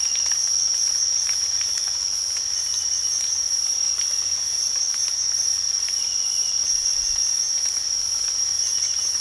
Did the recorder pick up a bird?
no